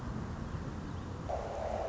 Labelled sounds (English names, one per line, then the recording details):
Song Sparrow
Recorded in Sonoma County, California